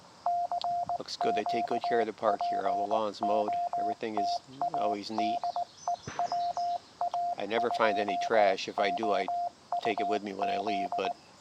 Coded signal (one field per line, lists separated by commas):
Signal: Morse code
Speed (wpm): 19 wpm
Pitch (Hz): 700 Hz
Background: speech, radio noise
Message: CQ POTA DE WA2OUZ